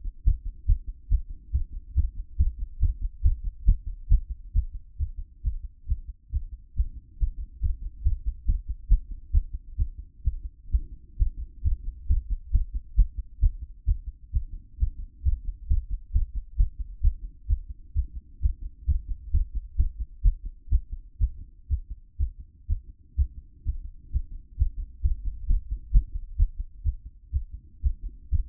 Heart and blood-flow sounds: heart sounds by stethoscope; 133 bpm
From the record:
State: after exercise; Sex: female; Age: 31 years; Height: 167 cm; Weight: 61 kg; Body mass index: 21.87

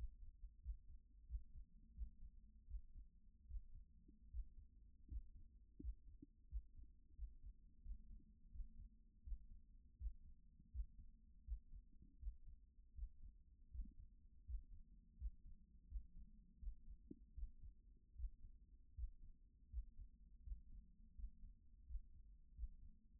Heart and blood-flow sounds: heart sounds by stethoscope; 83 bpm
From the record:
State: at rest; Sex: male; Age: 28 years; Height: 180 cm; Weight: 120 kg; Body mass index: 37.04

